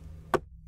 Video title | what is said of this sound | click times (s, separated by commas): Flowmaster Delta Force Cold Air Intake for 11-17 Challenger/Charger/Chrysler | in the sensor here we're gonna push it in till we hear it snap okay | 0.3 s